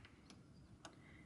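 With the bobbin held down in a sewing machine's drop-in bobbin case, the thread is pulled toward the front and then back so it slips into the metal tension guide. Light, short ticks sound at about 0.1 s and 0.3 s, then a sharper click at 0.9 s as the thread seats in the tension slot.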